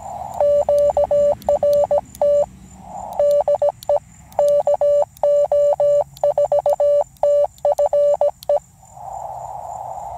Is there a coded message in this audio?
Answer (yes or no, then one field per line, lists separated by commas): yes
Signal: Morse code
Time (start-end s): 0.4-8.6 s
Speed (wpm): 17 wpm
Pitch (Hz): 580 Hz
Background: none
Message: QRT DE KO4TFE